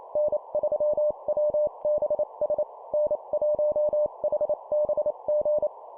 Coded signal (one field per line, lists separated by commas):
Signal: Morse code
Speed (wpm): 28 wpm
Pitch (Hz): 600 Hz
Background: none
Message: N3WBS N1HBG